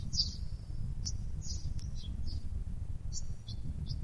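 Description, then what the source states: Bird chirps, short high sharp notes scattered throughout, a few clustered near the start and end, over a steady low rumble. Masteran (tutor song for training birds).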